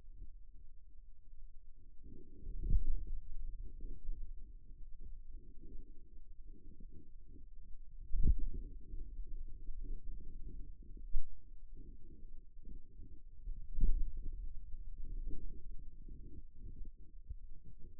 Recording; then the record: forearm muscle sounds (acoustic myography)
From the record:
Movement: finger pinch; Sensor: system 2, bracelet of six BSWA MPA416 microphones around the upper forearm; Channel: 5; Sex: male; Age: 22 years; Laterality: right